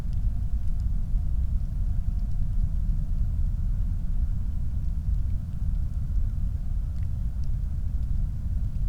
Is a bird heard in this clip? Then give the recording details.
no. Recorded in the Prudhoe Bay oil fields, Alaska, on 3 August 2019 at 20:03. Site 25